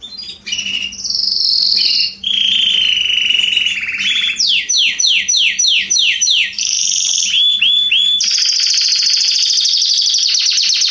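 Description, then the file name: Canary song: varied trills, a series of swooping downslurred notes, rapid rolls, and a long high buzzy trill to the end. "Canary Voice"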